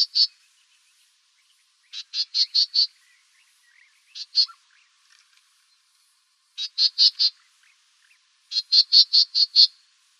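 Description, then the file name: Black-tailed gnatcatcher giving harsh, buzzy scolding calls in short rapid series of a few to several notes, separated by short pauses, with otherwise quiet background. "BTGN 3 deviche"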